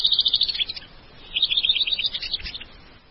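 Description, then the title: White-rumped shama song: two bright warbled phrases of quick high notes, each sliding and trilling, separated by a short pause. "Kicau Murai Batu"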